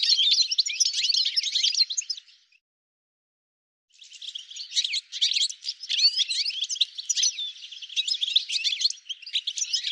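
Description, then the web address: Bird song, a dense rapid jumble of high twittering notes that pauses briefly near the start, then resumes and runs on continuously. "cianscape birddata"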